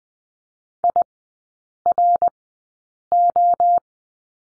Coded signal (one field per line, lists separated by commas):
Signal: Morse code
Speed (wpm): 20 wpm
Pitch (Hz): 700 Hz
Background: none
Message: IRO